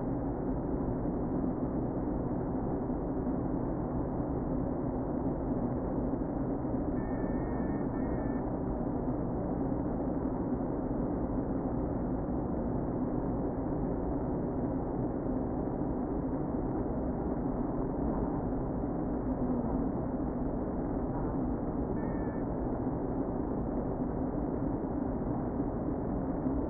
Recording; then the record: honeybee colony, microphone inside the hive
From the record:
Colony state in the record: queen present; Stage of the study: before two queens were removed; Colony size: about 60,000 bees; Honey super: yes